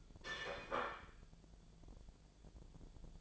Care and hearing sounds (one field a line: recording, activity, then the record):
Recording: daily activity, microphone in the room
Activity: place plate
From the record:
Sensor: 5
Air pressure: 1009.5 hPa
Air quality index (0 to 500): 168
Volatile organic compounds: 4 ppm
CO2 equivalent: 1632 ppm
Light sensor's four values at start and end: 98/259/106/112 and 98/261/106/113